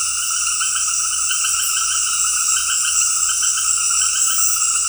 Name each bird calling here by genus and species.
none